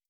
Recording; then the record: hydrophone in a shrimp aquaculture tank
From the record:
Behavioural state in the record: starved